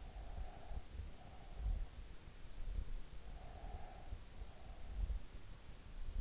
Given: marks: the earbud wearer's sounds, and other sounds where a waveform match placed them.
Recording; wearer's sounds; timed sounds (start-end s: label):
sounds in sleep by an in-ear microphone; breath
0.14-2.10 s: breath
3.37-5.41 s: breath